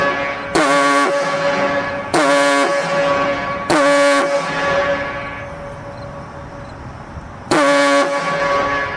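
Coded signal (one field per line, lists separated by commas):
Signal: coded fire alarm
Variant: Gamewell diaphone horn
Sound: deep grunting diaphone horn blasts, about four, echoing between blasts, last cut off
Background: outdoor echo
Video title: Siren signal "FIRE" (USA 🇺🇸) | Gamewell Diaphone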